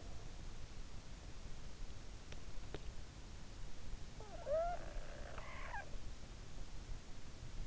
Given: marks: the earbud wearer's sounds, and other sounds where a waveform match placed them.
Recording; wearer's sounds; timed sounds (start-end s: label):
sounds in sleep by an in-ear microphone; snoring breath
4.11-6.16 s: snoring breath